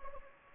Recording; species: mosquito wingbeat signal from an infrared sensor; Anopheles gambiae